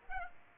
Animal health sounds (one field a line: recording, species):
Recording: mosquito wingbeat signal from an infrared sensor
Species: Culex pipiens